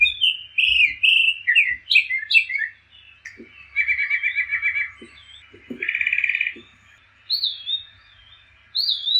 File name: Northern Mockingbird